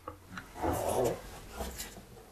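A soft, bubbling gurgle lasts about half a second, followed by fainter rumbles in a quiet room. These are a dog's bowel gurgles from altered intestinal function. They are not worrying if mild and occasional, but warrant a vet visit if continuous or very loud.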